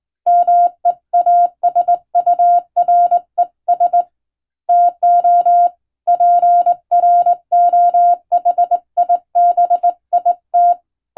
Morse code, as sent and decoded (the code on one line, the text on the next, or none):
-- . .- ... ..- .-. . ... / - --- / .--. .-. --- .... .. -... .. -
MEASURES TO PROHIBIT